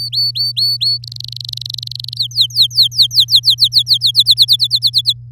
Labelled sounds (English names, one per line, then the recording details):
Domestic Canary song
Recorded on 7 May 2018 at 14:23
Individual llb16